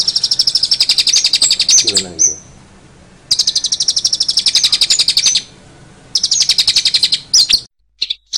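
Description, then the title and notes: Long-tailed shrike song of dense, harsh chattering trills in three long bursts separated by pauses, closing with a few sharp notes. Master recording; song filled with lovebird and fighting sparrow phrases. "Suara Burung Cendet Isian Lovebird dan Gereja Tarung. Masteran Burung Cendet"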